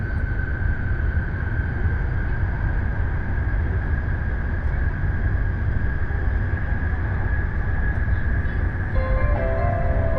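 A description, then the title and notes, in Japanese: A steady, dense rumble of a Nishi-Kyushu Shinkansen train running from Nagasaki toward Saga fills the whole clip, heavy in the low end with a constant higher whine above it. Near the end, a few brief tones rise over the unchanging roar. 西九州新幹線 長崎→佐賀。西九州新幹線の全線通し、全駅停車の列車に乗って佐賀まで向かいます。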